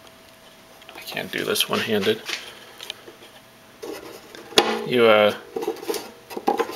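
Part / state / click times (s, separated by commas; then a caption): bridge lock latch on model railway layout / seated / 6.5 s. Someone talks while lowering a hinged lock mechanism on a model-railway layout bridge. A sharp click is heard at 6.5 s as the bridge lock latches down and seats in place.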